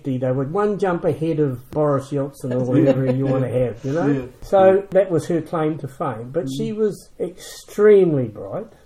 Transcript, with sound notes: they were one jump ahead of Boris Yeltsin, or whatever you want to have, you know? [Chuckle] So that was her claim to fame. But she was extremely bright.